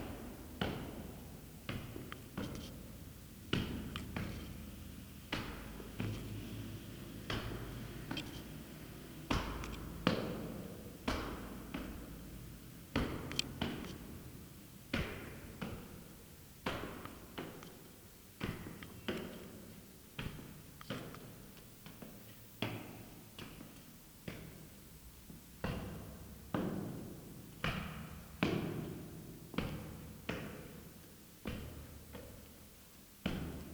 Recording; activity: daily activity, guitar pickup as the sensor; go downstairs